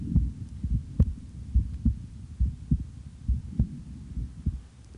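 Steady, dull low-pitched thumps repeat at about 70 beats per minute in a paired lub-dub pattern, with a faint low hum underneath. The sound is an ordinary resting heartbeat.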